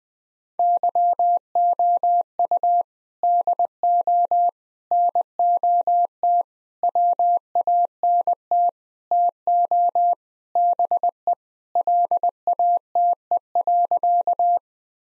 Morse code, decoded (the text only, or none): YOU DO NOT WANT TO BE LATE.